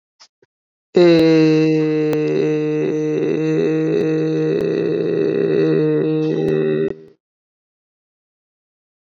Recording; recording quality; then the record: sustained vowel as in made; excellent, no background noise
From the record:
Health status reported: healthy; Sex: male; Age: 24 years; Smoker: no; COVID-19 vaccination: both doses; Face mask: worn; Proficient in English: yes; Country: India